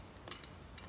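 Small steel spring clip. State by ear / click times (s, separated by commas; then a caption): not seated / none. A release bearing retaining spring is being handled on the clutch fork of a manual transmission during an automatic-to-manual gearbox swap on a 1992–2000 Honda Civic. Short metallic ticks are heard, with the sharpest at 0.3 s and a fainter one near 0.8 s. Nothing has seated or clicked into place yet.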